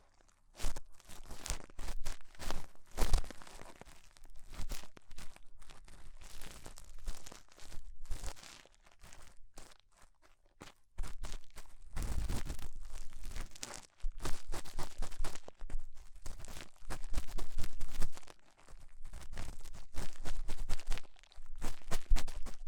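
Ear cleaning sounds with crisp, crackly scraping and crinkling that come in dense bursts of a second or two, split by short pauses. The rustling stays bright and close to constant within each burst, with occasional sharper clicks near 3 and 12 seconds.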